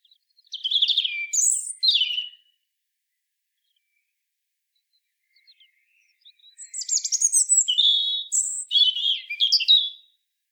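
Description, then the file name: European robin song: two bursts of high, thin warbling phrases with quick trills and sliding notes, separated by a few seconds of silence. "Erithacus rubecula"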